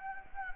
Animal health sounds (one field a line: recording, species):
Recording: mosquito wingbeat signal from an infrared sensor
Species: Anopheles gambiae